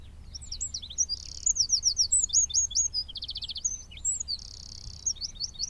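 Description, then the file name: Eurasian wren singing a rapid, high, rattling song of sharp notes and buzzy trills for several seconds, with steady low background noise. "Troglodytes troglodytes"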